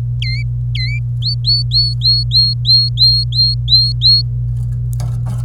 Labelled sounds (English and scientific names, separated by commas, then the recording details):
Domestic Canary (Serinus canaria) song
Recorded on 26 April 2018 at 12:58
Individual llb3